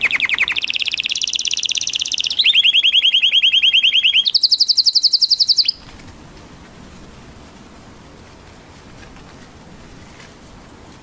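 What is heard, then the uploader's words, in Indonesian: An orange canary sings loud, rapid trills that switch pitch in three steps: a bright buzzing roll, a lower pulsing trill from about two seconds, then a higher one near four seconds. The song cuts off abruptly before six seconds, leaving faint low hiss. Kenari Oranye.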